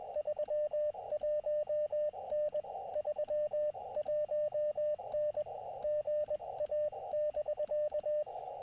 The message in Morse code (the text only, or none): 31N 31N GA <BK>